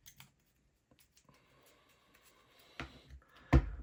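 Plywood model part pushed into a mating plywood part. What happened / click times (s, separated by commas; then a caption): The wooden part clicked fully home / 3.5 s. After waxing, plywood part 50 of a wooden model is pushed into plywood part 49, with faint scraping and small ticks followed by a louder knock at 2.8 s. A sharp click at 3.5 s marks the part seating fully home.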